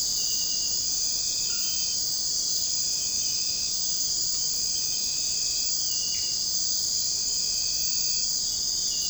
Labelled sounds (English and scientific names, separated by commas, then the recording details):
none
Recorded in secondary vegetation near Puerto Asís, Putumayo, Colombia, on 13 March 2025 at 02:00
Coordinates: 0.502, -76.326
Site G100